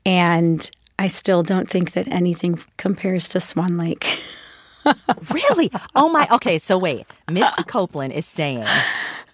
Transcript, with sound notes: And I still don't think that anything compares to "Swan Lake" (laughter).
Really? Oh, my - OK. So wait. Misty Copeland is saying